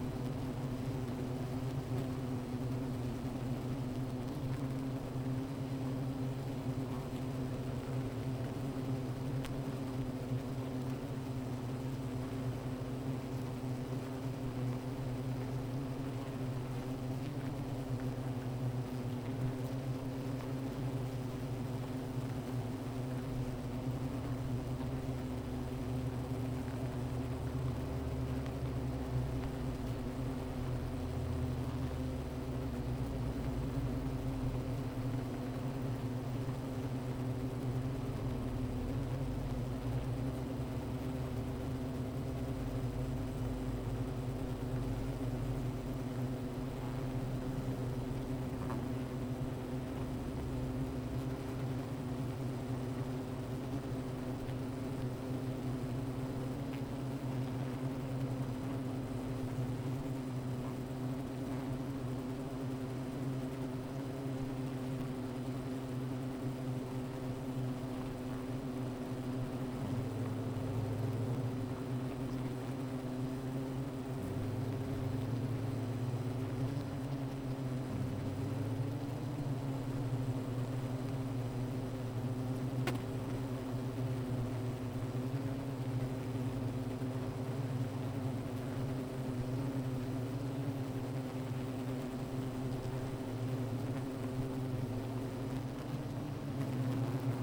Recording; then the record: honeybee colony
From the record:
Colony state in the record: missing queen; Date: 14 July 2017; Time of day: 15:23